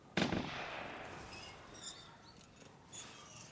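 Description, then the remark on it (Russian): A single sharp, loud gunshot from a hunter cracks out in the morning, followed by a long rolling echo that fades, with faint high chirps of birds scattered over the quiet afterward. “Услышав выстрелы, вскакивает и, подбежав в трусах к забору, кричит, что есть мочи.”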